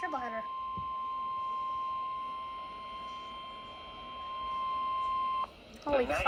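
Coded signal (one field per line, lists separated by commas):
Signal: Emergency Alert System (SAME) tones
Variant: 1050 Hz attention tone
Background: speech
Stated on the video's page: Real tornado and severe thunderstorm watches and warnings, some on a NOAA Weather Radio station.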